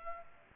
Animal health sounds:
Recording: mosquito wingbeat signal from an infrared sensor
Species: Culex pipiens

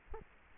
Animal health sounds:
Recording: mosquito wingbeat signal from an infrared sensor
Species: Aedes aegypti

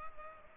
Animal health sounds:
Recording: mosquito wingbeat signal from an infrared sensor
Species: Culex pipiens

